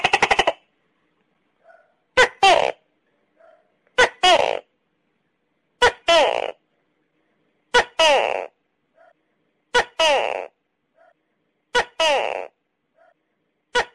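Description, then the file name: Tokay gecko: an opening pulsed rattle, then a steady series of loud two-syllable 'to-kay' calls repeated about every two seconds, each ending in a falling, drawn-out note. "Tieng con tac ke keu"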